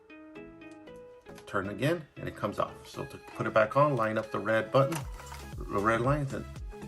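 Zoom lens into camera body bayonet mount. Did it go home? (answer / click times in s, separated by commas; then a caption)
no / none. A Canon RF-S18-45mm F4.5-6.3 IS STM zoom lens, just removed from a Canon EOS R10 camera body, is being lined up by its red marks to go back into the bayonet mount while someone talks over soft background music with plucked notes. The lens is handled, but nothing has seated or clicked yet.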